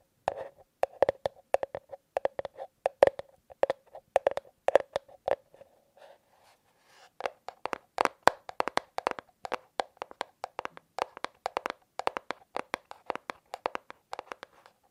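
Tapping on hard objects, sharp clicky hits with a ringing tone around the middle pitch. Taps come in quick bursts and slower, spaced runs, with a short pause near six seconds before a denser, faster stretch resumes to the end.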